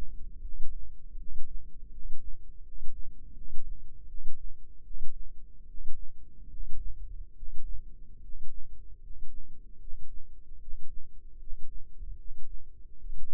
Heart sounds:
heart sounds by microphone in the left ear; 76 bpm
0.40 s: heartbeat
1.16 s: heartbeat
1.89 s: heartbeat
2.61 s: heartbeat
3.33 s: heartbeat
4.06 s: heartbeat
4.82 s: heartbeat
5.65 s: heartbeat
6.48 s: heartbeat
7.34 s: heartbeat
8.20 s: heartbeat
9.00 s: heartbeat
9.78 s: heartbeat
10.59 s: heartbeat
11.38 s: heartbeat
12.16 s: heartbeat
12.97 s: heartbeat
From the record:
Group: healthy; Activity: rest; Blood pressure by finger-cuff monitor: 117/66 mmHg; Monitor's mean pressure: 79 mmHg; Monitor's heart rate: 78 bpm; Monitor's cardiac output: 8 L/min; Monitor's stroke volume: 103 mL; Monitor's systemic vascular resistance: 720 dyn s/cm5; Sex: male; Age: 35 years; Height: 180 cm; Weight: 86.9 kg

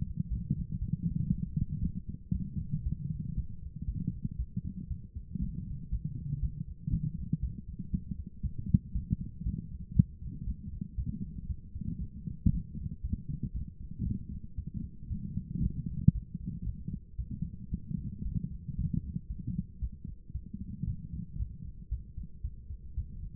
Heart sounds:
heart sounds by stethoscope; 116 bpm
0.29 s: heartbeat
0.79 s: heartbeat
1.30 s: heartbeat
1.81 s: heartbeat
2.32 s: heartbeat
2.84 s: heartbeat
3.35 s: heartbeat
3.86 s: heartbeat
4.37 s: heartbeat
4.89 s: heartbeat
5.40 s: heartbeat
5.90 s: heartbeat
6.41 s: heartbeat
6.91 s: heartbeat
7.41 s: heartbeat
7.91 s: heartbeat
8.42 s: heartbeat
8.93 s: heartbeat
9.44 s: heartbeat
9.94 s: heartbeat
10.45 s: heartbeat
10.96 s: heartbeat
11.48 s: heartbeat
11.99 s: heartbeat
12.51 s: heartbeat
13.02 s: heartbeat
13.53 s: heartbeat
14.04 s: heartbeat
14.56 s: heartbeat
15.08 s: heartbeat
15.61 s: heartbeat
16.13 s: heartbeat
16.64 s: heartbeat
17.17 s: heartbeat
17.70 s: heartbeat
18.23 s: heartbeat
18.76 s: heartbeat
19.28 s: heartbeat
19.80 s: heartbeat
20.33 s: heartbeat
20.85 s: heartbeat
21.38 s: heartbeat
21.90 s: heartbeat
22.42 s: heartbeat
22.95 s: heartbeat
From the record:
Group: healthy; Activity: light exercise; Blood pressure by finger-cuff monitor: 101/44 mmHg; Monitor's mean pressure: 65 mmHg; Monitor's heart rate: 116 bpm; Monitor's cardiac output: 10.6 L/min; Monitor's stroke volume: 93 mL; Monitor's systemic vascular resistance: 300 dyn s/cm5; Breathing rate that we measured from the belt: 20 breaths a minute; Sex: female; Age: 24 years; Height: 163 cm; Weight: 55.7 kg

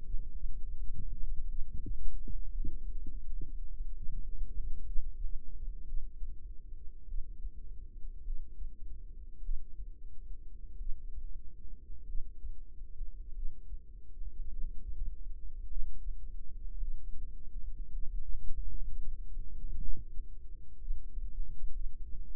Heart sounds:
heart sounds by microphone in the right ear; 53 bpm
0.32 s: heartbeat
1.48 s: heartbeat
2.53 s: heartbeat
3.69 s: heartbeat
4.84 s: heartbeat
5.85 s: heartbeat
7.07 s: heartbeat
8.23 s: heartbeat
9.42 s: heartbeat
10.77 s: heartbeat
12.05 s: heartbeat
13.33 s: heartbeat
14.49 s: heartbeat
15.67 s: heartbeat
16.78 s: heartbeat
17.91 s: heartbeat
18.95 s: heartbeat
19.79 s: heartbeat
20.79 s: heartbeat
21.72 s: heartbeat
From the record:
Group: healthy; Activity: rest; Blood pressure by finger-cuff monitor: 107/65 mmHg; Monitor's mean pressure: 80 mmHg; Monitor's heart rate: 52 bpm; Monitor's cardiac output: 5 L/min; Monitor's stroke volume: 95 mL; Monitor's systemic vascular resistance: 1160 dyn s/cm5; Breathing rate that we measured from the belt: 22 breaths a minute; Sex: female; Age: 28 years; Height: 170 cm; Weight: 77 kg

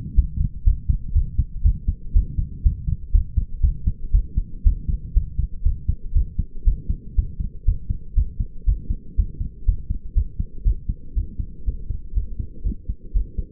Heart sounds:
heart sounds by stethoscope; 120 bpm
0.16 s: heartbeat
0.65 s: heartbeat
1.14 s: heartbeat
1.63 s: heartbeat
2.14 s: heartbeat
2.64 s: heartbeat
3.12 s: heartbeat
3.62 s: heartbeat
4.12 s: heartbeat
4.64 s: heartbeat
5.14 s: heartbeat
5.64 s: heartbeat
6.14 s: heartbeat
6.65 s: heartbeat
7.16 s: heartbeat
7.66 s: heartbeat
8.15 s: heartbeat
8.66 s: heartbeat
9.17 s: heartbeat
9.66 s: heartbeat
10.15 s: heartbeat
10.65 s: heartbeat
11.15 s: heartbeat
11.66 s: heartbeat
12.15 s: heartbeat
12.64 s: heartbeat
13.14 s: heartbeat
From the record:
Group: healthy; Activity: rest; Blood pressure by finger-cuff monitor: 134/68 mmHg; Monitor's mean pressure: 91 mmHg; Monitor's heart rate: 120 bpm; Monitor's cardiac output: 9 L/min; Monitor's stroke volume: 75 mL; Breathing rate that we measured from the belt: 27 breaths a minute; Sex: male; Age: 22 years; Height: 181 cm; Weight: 60 kg

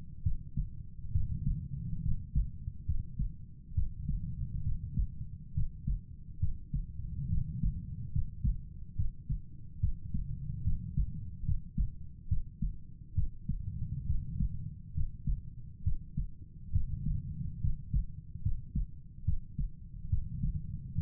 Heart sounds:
heart sounds by stethoscope; 70 bpm
0.23 s: heartbeat
1.12 s: heartbeat
2.02 s: heartbeat
2.85 s: heartbeat
3.74 s: heartbeat
4.63 s: heartbeat
5.54 s: heartbeat
6.39 s: heartbeat
7.29 s: heartbeat
8.12 s: heartbeat
8.96 s: heartbeat
9.80 s: heartbeat
10.64 s: heartbeat
11.45 s: heartbeat
12.28 s: heartbeat
13.15 s: heartbeat
14.06 s: heartbeat
14.94 s: heartbeat
15.83 s: heartbeat
16.72 s: heartbeat
17.61 s: heartbeat
18.42 s: heartbeat
19.25 s: heartbeat
20.09 s: heartbeat
20.94 s: heartbeat
From the record:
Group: healthy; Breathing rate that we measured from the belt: 19 breaths a minute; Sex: male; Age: 35 years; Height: 178 cm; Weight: 64 kg

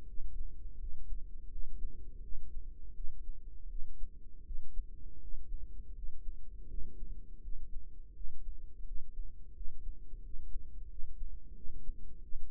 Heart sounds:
heart sounds by microphone in the right ear; 84 bpm
0.05 s: heartbeat
0.77 s: heartbeat
1.49 s: heartbeat
2.20 s: heartbeat
2.93 s: heartbeat
3.67 s: heartbeat
4.43 s: heartbeat
5.19 s: heartbeat
5.93 s: heartbeat
6.67 s: heartbeat
7.40 s: heartbeat
8.13 s: heartbeat
8.84 s: heartbeat
9.53 s: heartbeat
10.21 s: heartbeat
10.88 s: heartbeat
11.53 s: heartbeat
12.20 s: heartbeat
From the record:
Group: healthy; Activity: rest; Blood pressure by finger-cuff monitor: 110/73 mmHg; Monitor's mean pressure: 86 mmHg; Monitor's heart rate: 82 bpm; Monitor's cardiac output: 5.5 L/min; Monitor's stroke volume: 67 mL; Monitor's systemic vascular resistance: 1140 dyn s/cm5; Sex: female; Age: 43 years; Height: 160 cm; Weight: 90 kg

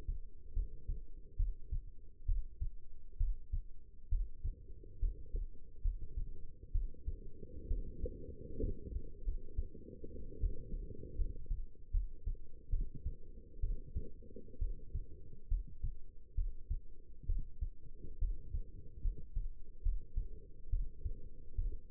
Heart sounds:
heart sounds by stethoscope; 69 bpm
0.53 s: heartbeat
1.36 s: heartbeat
2.26 s: heartbeat
3.17 s: heartbeat
4.09 s: heartbeat
4.99 s: heartbeat
5.82 s: heartbeat
6.72 s: heartbeat
7.67 s: heartbeat
8.60 s: heartbeat
9.24 s: heartbeat
10.39 s: heartbeat
11.15 s: heartbeat
11.91 s: heartbeat
12.70 s: heartbeat
13.60 s: heartbeat
14.59 s: heartbeat
15.48 s: heartbeat
16.35 s: heartbeat
17.26 s: heartbeat
18.18 s: heartbeat
19.01 s: heartbeat
19.83 s: heartbeat
20.70 s: heartbeat
21.55 s: heartbeat
From the record:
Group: healthy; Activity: rest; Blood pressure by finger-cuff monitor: 145/82 mmHg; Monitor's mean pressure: 103 mmHg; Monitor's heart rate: 69 bpm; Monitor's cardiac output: 6.5 L/min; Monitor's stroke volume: 95 mL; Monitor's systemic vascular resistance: 1150 dyn s/cm5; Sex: female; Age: 22 years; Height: 171 cm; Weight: 65.6 kg

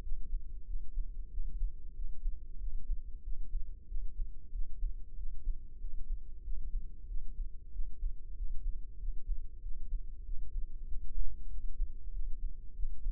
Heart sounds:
heart sounds by microphone in the left ear; 94 bpm
0.05 s: heartbeat
0.69 s: heartbeat
1.33 s: heartbeat
1.98 s: heartbeat
2.62 s: heartbeat
3.26 s: heartbeat
3.90 s: heartbeat
4.55 s: heartbeat
5.19 s: heartbeat
5.82 s: heartbeat
6.46 s: heartbeat
7.10 s: heartbeat
7.74 s: heartbeat
8.38 s: heartbeat
9.01 s: heartbeat
9.64 s: heartbeat
10.27 s: heartbeat
10.90 s: heartbeat
11.52 s: heartbeat
12.15 s: heartbeat
12.78 s: heartbeat
From the record:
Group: healthy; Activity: rest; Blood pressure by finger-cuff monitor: 133/76 mmHg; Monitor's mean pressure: 93 mmHg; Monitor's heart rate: 95 bpm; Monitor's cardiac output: 7.7 L/min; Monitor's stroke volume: 82 mL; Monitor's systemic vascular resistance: 880 dyn s/cm5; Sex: male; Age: 21 years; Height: 175 cm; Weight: 72.6 kg

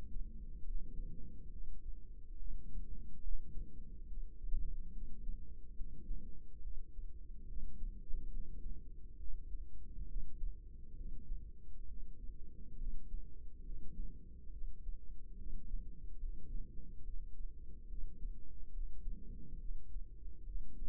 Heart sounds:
heart sounds by microphone in the right ear; 70 bpm
0.63 s: heartbeat
1.49 s: heartbeat
2.36 s: heartbeat
3.21 s: heartbeat
4.05 s: heartbeat
4.91 s: heartbeat
5.74 s: heartbeat
6.60 s: heartbeat
7.45 s: heartbeat
8.29 s: heartbeat
9.16 s: heartbeat
10.06 s: heartbeat
10.94 s: heartbeat
11.85 s: heartbeat
12.76 s: heartbeat
13.63 s: heartbeat
14.50 s: heartbeat
15.35 s: heartbeat
16.18 s: heartbeat
17.02 s: heartbeat
17.87 s: heartbeat
18.71 s: heartbeat
19.57 s: heartbeat
20.44 s: heartbeat
From the record:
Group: healthy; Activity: rest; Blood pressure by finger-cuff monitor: 99/73 mmHg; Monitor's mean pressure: 82 mmHg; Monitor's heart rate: 70 bpm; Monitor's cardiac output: 4.9 L/min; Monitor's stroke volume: 71 mL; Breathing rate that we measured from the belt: 23 breaths a minute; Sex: female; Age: 32 years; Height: 172 cm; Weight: 71.7 kg

